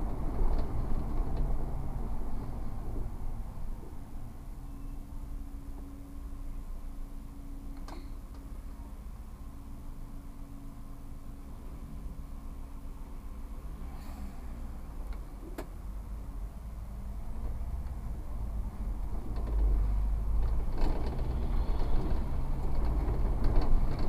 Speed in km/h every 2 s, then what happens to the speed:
29, 20, 11, 0, 0, 0, 0, 0, 0, 17, 20, 25.
0-6 brakes to 0. 6-16 standing. 16-24 pulls away to 25.